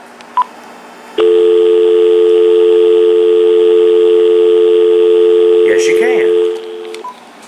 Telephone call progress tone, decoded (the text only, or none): dial tone